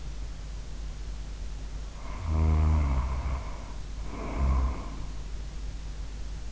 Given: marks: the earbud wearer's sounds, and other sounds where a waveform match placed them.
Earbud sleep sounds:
sounds in sleep by an in-ear microphone; snoring breath
1.90-5.39 s: snoring breath

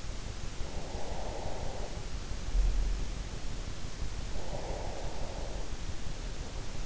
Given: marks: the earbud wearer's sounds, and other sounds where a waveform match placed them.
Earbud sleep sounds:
sounds in sleep by an in-ear microphone; breath
0.65-2.33 s: breath
4.30-5.92 s: breath

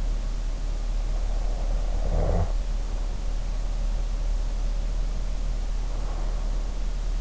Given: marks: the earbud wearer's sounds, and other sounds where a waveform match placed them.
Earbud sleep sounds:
sounds in sleep by an in-ear microphone; snoring breath, breath
1.23-2.96 s: snoring breath
5.62-7.21 s: breath

